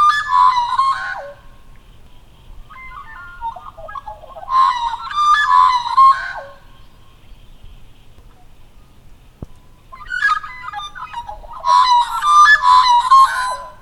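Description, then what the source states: Magpie calls in loud harmonic bursts of warbling, gurgling notes, several phrases separated by quiet gaps of a few seconds. Recorded with a Zoom recorder.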